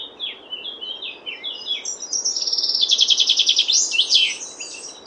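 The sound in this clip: Common chaffinch song: a series of short descending notes, then a rapid rattling run of repeated notes and a terminal flourish.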